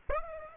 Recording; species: mosquito wingbeat signal from an infrared sensor; Aedes aegypti